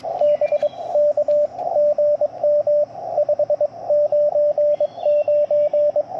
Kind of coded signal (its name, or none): Morse code